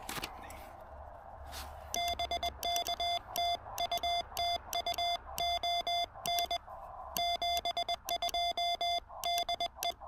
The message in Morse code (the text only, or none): BK TU TU ON 72 DE